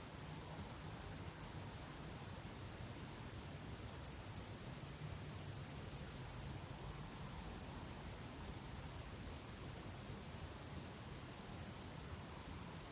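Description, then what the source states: Cricket chorus, an unbroken high-pitched pulsing trill that briefly dips around five and eleven seconds, over a soft low background hum. Crickets calling at sunset.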